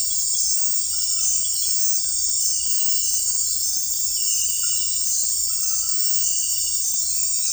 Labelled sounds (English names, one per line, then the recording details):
none
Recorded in dense forest near Puerto Asís, Putumayo, Colombia, on 21 February 2024 at 02:30
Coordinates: 0.484, -76.317
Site G6464